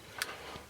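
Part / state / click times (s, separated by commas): plastic cover clipping onto a scale model car chassis over the battery compartment / seated / 0.2 s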